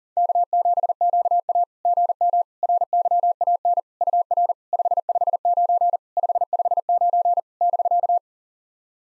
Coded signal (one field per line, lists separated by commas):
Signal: Morse code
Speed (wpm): 40 wpm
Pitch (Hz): 700 Hz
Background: none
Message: K7QA GM RYAN UR 559 559 <BK>